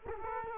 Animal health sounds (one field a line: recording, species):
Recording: mosquito wingbeat signal from an infrared sensor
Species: Culex quinquefasciatus